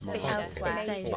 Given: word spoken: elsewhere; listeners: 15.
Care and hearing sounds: one English word in noise, from a listening test; four-talker babble; -2.0 dB; 1 of 15; 7 of 15; 0.77 s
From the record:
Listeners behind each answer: 7, 3, 1, 1, 1, 1, 1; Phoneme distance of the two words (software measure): 47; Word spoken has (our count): 2 syllables, 5 phonemes, stress on syllable 1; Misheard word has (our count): 2 syllables, 4 phonemes, stress on syllable 1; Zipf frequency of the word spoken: 4.47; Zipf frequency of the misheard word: 3.75

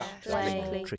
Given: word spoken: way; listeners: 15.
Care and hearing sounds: one English word in noise, from a listening test; four-talker babble; -1.4 dB; 0 of 15; 10 of 15; 0.58 s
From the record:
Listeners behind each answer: 10, 1, 1, 1, 1, 1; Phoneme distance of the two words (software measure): 17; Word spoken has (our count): 1 syllable, 2 phonemes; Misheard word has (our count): 1 syllable, 3 phonemes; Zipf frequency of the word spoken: 6.12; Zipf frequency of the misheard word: 5.69

